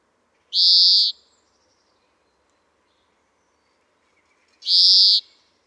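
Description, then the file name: European greenfinch uttering two short, harsh buzzy notes about four seconds apart, with quiet background between them. "Chloris chloris"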